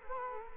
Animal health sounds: mosquito wingbeat signal from an infrared sensor; Culex quinquefasciatus

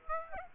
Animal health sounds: mosquito wingbeat signal from an infrared sensor; Aedes aegypti

